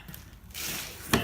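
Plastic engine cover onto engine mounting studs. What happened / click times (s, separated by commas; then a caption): The plastic cover snapped onto its mounts / 1.1 s. A plastic engine cover on a 2015 Chrysler 300 is pushed down onto its engine mounting studs after an oil change. A quiet handling noise gives way to a louder rubbing press from about 0.5 s. A sharp click at 1.1 s shows the cover snapping into place, seated.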